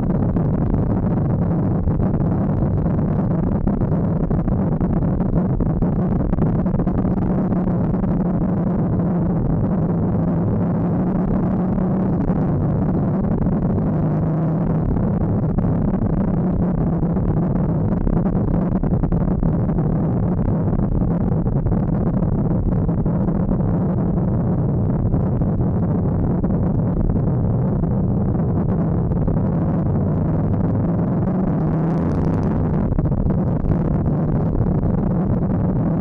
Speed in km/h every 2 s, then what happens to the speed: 63, 59, 57, 54, 55, 63, 58, 60, 55, 50, 41, 35, 29, 32, 43, 59, 62, 56.
0-8 slows to 55. 12-24 slows to 29. 24-31 speeds up to 62.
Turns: none.